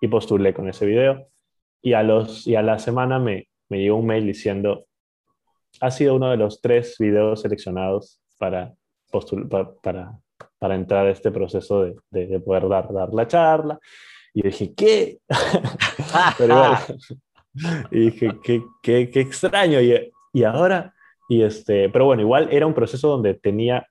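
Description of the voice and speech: A man speaks conversational Spanish at a moderate pitch, with frequent whole-word and part-word repetitions ("para, para, para, para", "pa-pa-para", "qué, qué, qué", "de, de") and scattered pauses. These disfluencies are typical of stuttering in an adult who stutters.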